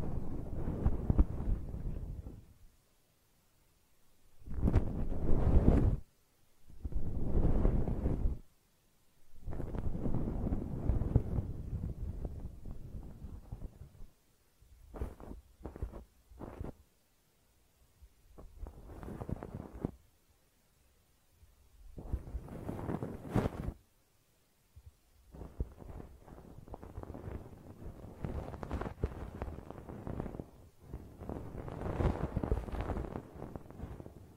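Ear cleaning with muffled low rubbing and scratching in repeated bursts of a second or two, separated by near-silent gaps throughout.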